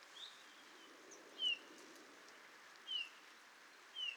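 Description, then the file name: Eurasian bullfinch calling with brief, falling, fluted whistles, three clear notes over a faint hiss. "Pyrrhula pyrrhula"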